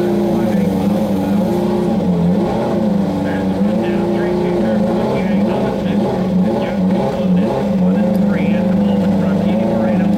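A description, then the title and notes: Turbocharged V8 race cars at a street race fill the scene with a loud, continuous low engine drone that never lets up. Engine pitches rise and fall as cars pass and rev, with faint voices and crowd chatter underneath. The Sounds of IndyCar, 1999 Vancouver. Incredible sounds from the 2.65-liter turbocharged V8s produced by Ford-Cosworth, Mercedes-Benz, Toyota, and those mighty Hondas. Vancouver street race.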